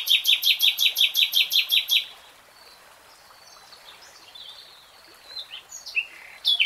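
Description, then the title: Nightingale song: a fast rattling trill of repeated notes for about two seconds, then a pause with faint notes and a sharp note at the end. Singing, in real time. "[Tiếng chim hót] 3 Hours REALTIME Nightingale Singing"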